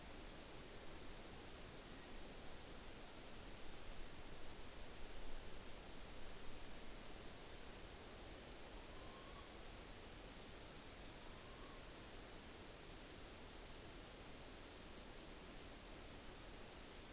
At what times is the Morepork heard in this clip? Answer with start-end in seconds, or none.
8.65-9.54, 11.07-11.90